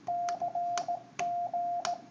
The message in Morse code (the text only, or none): CG